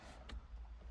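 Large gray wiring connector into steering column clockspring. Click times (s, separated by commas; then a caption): 0.3 s. A large gray electrical connector is pushed into the clockspring at the steering column of a 2015 F150 truck. A short, bright snap at 0.3 s stands out over a steady low hum, and the connector is seated in place.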